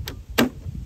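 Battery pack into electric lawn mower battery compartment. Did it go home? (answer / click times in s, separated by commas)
yes / 0.4 s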